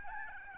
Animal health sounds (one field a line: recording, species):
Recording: mosquito wingbeat signal from an infrared sensor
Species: Aedes albopictus